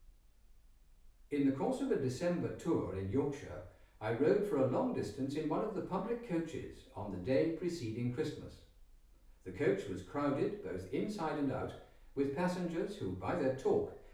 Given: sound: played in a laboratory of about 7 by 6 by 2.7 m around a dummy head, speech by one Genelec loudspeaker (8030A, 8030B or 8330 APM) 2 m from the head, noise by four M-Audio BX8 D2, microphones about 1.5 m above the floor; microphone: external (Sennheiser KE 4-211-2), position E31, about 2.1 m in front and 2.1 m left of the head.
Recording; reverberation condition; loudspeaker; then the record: male speech in English; medium; 150 degrees to the right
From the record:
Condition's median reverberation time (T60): about 510 ms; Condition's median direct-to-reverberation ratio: about -0.5 dB